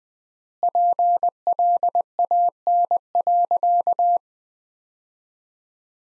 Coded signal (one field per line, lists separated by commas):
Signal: Morse code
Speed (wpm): 20 wpm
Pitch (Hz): 700 Hz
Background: none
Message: PLAN.